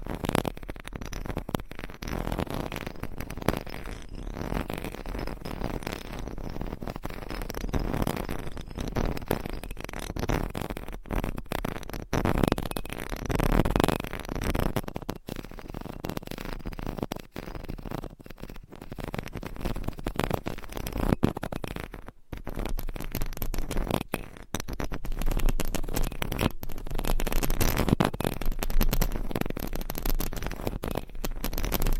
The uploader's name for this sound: ASMR Mic Scratching